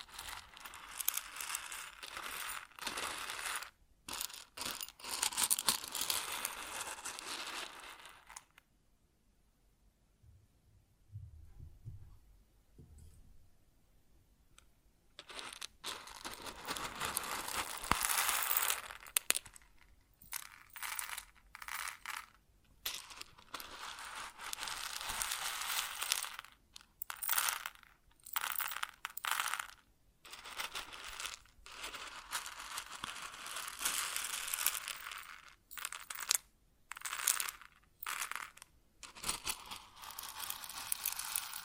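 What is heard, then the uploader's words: Grains rustle and pour in dense, hissing bursts with brief breaks, pausing almost silent from about nine to fifteen seconds except soft low taps. ASMR Grain Sounds (No Talking).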